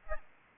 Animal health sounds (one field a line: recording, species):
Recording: mosquito wingbeat signal from an infrared sensor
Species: Aedes aegypti